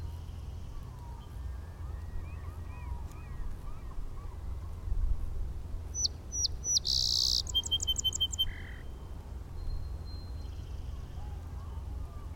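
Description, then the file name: Song sparrow song: clipped intro notes, a dense buzz, a rapid trill of repeated notes and a brief lower buzz, with a steady low rumble throughout. Heard at Inner Point in 2012. "SOSP Inner Point"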